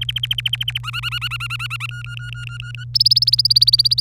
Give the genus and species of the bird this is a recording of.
Serinus canaria